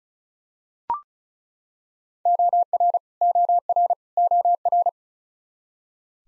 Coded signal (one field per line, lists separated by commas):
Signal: Morse code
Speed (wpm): 36 wpm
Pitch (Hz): 700 Hz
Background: none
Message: OR OR OR